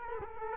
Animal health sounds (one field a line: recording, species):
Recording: mosquito wingbeat signal from an infrared sensor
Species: Culex quinquefasciatus